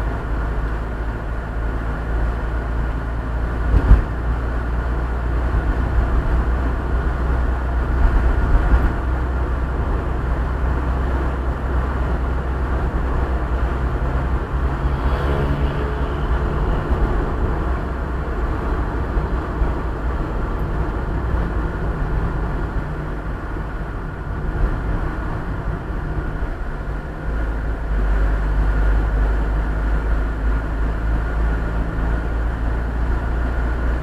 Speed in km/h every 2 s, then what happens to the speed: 53, 54, 57, 59, 61, 62, 63, 63, 63, 62, 58, 53, 49, 46, 48, 50, 53.
0-12 speeds up to 63. 12-18 steady at about 63. 18-26 slows to 46. 26-34 speeds up to 53.